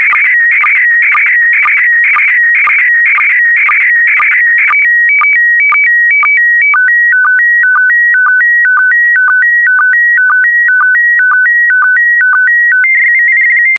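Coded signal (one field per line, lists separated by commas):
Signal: SSTV (slow-scan television)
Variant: PD120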